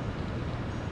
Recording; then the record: background sound without coughing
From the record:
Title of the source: 30 MINUTES Construction Site Ambience (CC BY 4.0)